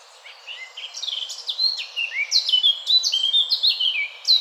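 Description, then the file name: Eurasian blackcap song of quick, clear high notes, many slurring downward, strung together in an energetic warble lasting several seconds. "Sylvia atricapilla"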